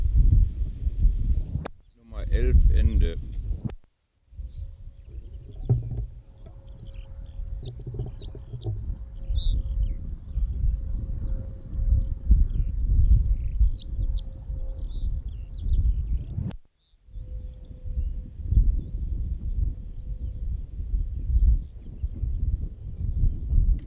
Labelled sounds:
Reed Bunting song

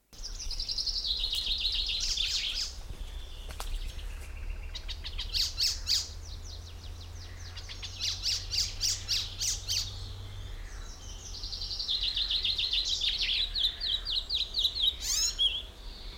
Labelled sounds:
Icterine Warbler

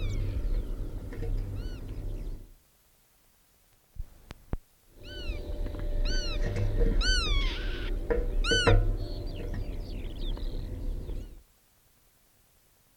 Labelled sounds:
Black-tailed Godwit call

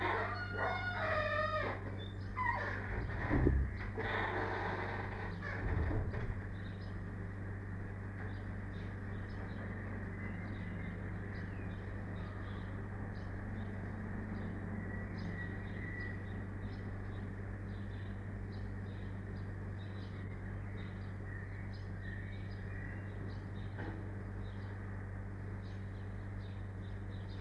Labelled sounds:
Arctic Fox

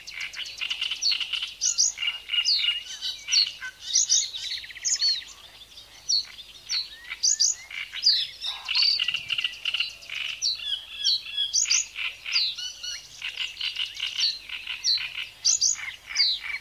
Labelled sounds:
Reed Bunting

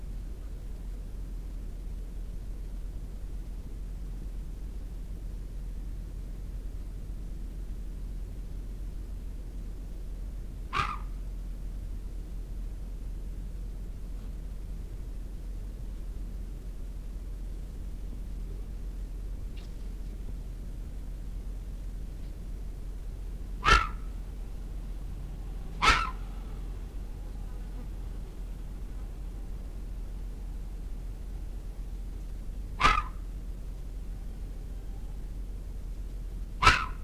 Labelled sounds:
Corsac Fox barking

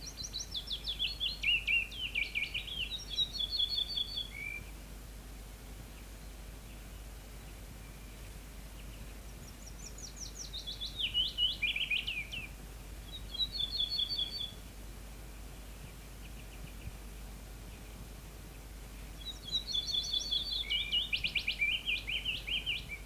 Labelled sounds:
Ortolan Bunting song

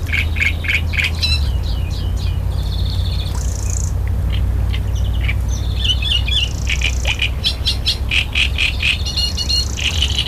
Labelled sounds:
Great Reed Warbler song

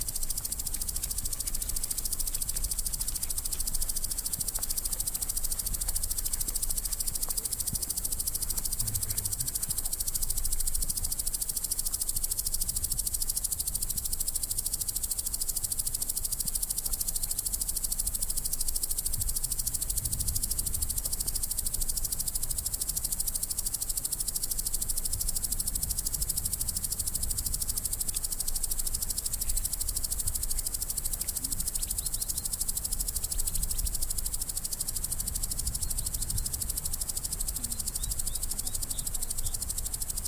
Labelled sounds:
Common Green Grasshopper stridulation

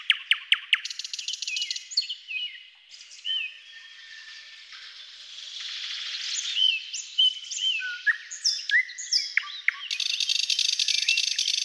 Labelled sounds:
Thrush Nightingale song

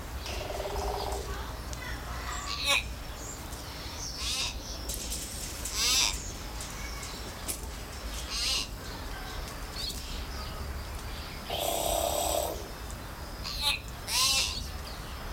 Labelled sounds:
Common Hill Myna

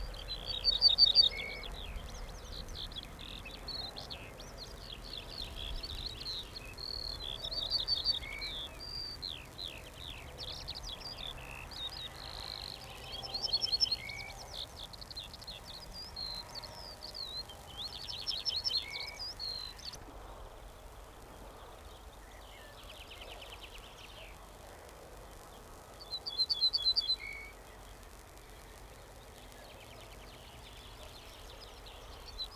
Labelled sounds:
Ortolan Bunting

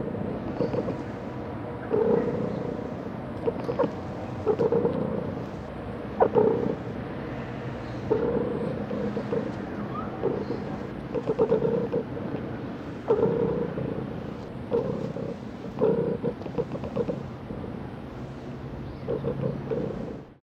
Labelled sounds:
Sand Fox

